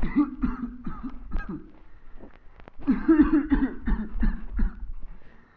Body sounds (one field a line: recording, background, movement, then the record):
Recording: voluntary coughing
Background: quiet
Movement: walking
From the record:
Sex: male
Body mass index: 21.0 kg/m2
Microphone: on the chest, facing the body